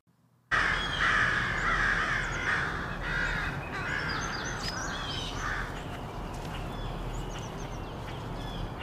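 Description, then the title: Crows cawing, loud at the start then fading to scattered harsh notes, with chirps from other birds and a strong low rumble of traffic. Rowdy crows loudly cawing in treetops of an urban park just after sunrise, with other birds and morning traffic audible. "Field Recording: The Wild and Raucous Sounds of Crows Cawing in the Treetops"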